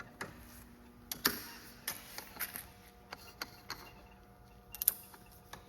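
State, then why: Seated. The ratcheting frame hold-down arm of a Swagman E-Spec hitch-mount bike rack, which has a detent button, is pushed down over the bike frame during reinstallation. Sharp ratchet clicks sound at 1.1, 1.3, 3.4, 4.8 and 4.9 seconds, with the last pair the loudest. The arm ratchets down and clicks into place.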